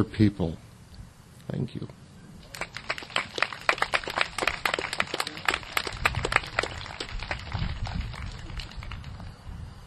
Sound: applause